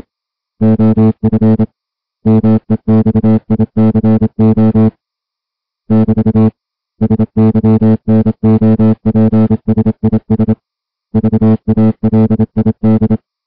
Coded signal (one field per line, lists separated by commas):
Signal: Morse code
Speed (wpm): 26 wpm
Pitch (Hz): 220 Hz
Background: music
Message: OF MEXICO <BT> SYNOPSIS VALID